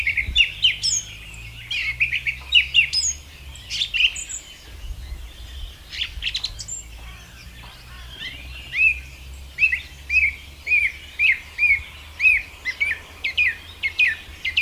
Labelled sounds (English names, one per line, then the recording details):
Song Thrush song
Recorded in the wild
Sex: male
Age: adult
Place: Lüdersdorf, Barnim, Brandenburg, DE
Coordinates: 52.9222, 14.0772
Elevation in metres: 53
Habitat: copse
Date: 2006-04-13 19:18
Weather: overcast, 10°C, almost no wind
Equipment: Marantz PMD 671, Sennheiser MKH 70, Popschutz
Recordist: Frommolt, Karl-Heinz